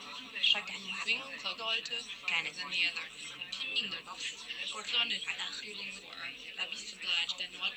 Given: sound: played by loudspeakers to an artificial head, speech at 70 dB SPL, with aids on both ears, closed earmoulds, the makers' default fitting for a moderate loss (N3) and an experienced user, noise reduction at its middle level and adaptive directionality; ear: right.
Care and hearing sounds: speech test signal (ISTS) in cocktail-party noise; -3 dB; on the right (90 degrees)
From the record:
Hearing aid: class 1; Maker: I

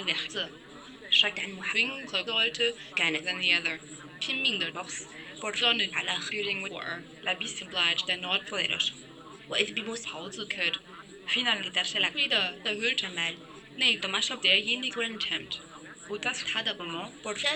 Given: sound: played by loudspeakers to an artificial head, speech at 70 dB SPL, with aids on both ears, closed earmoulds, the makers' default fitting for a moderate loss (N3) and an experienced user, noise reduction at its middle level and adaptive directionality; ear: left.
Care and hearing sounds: speech test signal (ISTS) in cocktail-party noise; +6 dB; in front (0 degrees)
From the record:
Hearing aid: class 1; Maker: C

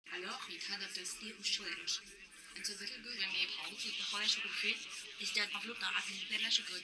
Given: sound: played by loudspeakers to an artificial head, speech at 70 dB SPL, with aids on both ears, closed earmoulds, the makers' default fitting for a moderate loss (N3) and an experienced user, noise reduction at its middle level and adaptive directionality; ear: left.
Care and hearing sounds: speech test signal (ISTS) in cocktail-party noise; +6 dB; on the right (90 degrees)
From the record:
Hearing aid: class 2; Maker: J

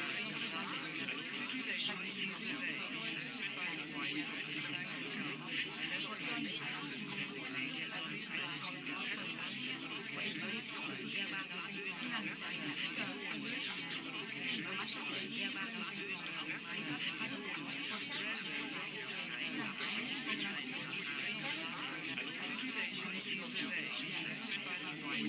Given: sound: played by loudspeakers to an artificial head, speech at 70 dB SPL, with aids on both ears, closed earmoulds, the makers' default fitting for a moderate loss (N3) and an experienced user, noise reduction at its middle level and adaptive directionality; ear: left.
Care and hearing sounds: speech test signal (ISTS) in cocktail-party noise; -6 dB; on the right (90 degrees)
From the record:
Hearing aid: class 1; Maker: D

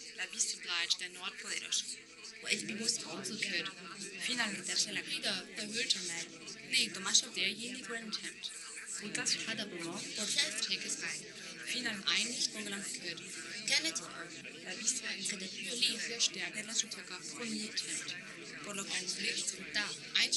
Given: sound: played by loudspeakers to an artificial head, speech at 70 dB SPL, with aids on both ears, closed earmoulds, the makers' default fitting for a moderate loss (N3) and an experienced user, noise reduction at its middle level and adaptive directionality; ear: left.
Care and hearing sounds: speech test signal (ISTS) in cocktail-party noise; 0 dB; in front (0 degrees)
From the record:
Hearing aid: class 1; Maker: H

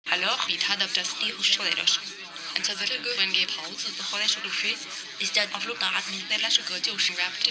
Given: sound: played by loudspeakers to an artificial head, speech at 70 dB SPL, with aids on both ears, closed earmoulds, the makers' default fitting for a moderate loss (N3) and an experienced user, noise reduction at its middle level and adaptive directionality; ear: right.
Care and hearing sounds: speech test signal (ISTS) in cocktail-party noise; +3 dB; on the right (90 degrees)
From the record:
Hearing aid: class 1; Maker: B

